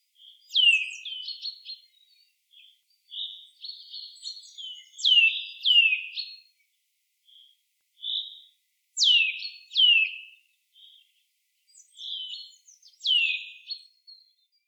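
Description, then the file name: Eurasian nuthatch giving repeated calls: clear piping whistles that drop steeply in pitch, often in pairs, mixed with softer chattering twitters and brief thin notes between them. "Sitta europaea"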